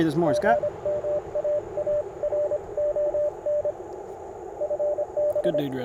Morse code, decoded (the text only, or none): GM AARON FB